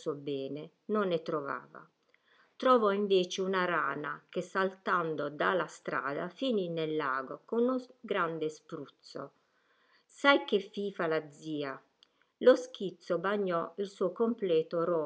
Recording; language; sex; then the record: read passage; Italian; female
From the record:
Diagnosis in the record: healthy control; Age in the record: 61 years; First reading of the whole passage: 67 s, 7.7 characters per second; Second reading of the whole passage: 54 s, 9.6 characters per second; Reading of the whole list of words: 44 s, 6.4 characters per second